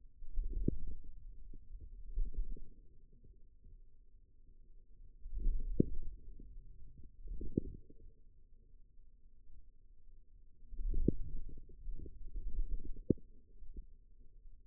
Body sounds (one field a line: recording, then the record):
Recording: forearm muscle sounds (acoustic myography)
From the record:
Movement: wrist extension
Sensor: system 2, bracelet of six BSWA MPA416 microphones around the upper forearm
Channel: 4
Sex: male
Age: 22 years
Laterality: right